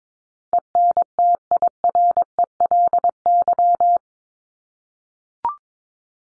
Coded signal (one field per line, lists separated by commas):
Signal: Morse code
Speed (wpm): 22 wpm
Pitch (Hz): 700 Hz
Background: none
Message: ENTIRELY